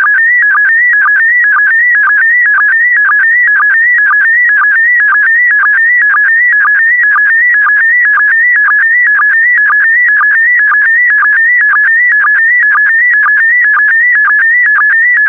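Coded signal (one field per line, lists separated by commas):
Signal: SSTV (slow-scan television)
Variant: PD120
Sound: warbling stepped tones with a quick low blip twice per second, repeating steadily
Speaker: the next image transmission will start in 10 seconds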